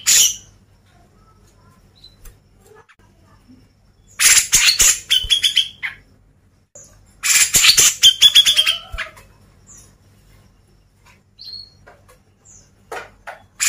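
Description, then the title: Grey-cheeked bulbul song: two loud bursts of harsh chattering notes, a few seconds apart, with faint short notes in the quiet between. Masteran recording used to train cage birds. "MASTERAN CUCAK JENGGOT"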